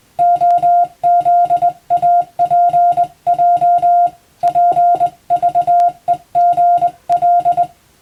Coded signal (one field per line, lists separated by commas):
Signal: Morse code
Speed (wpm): 21 wpm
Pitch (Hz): 700 Hz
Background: music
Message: OZAPJ PVEGL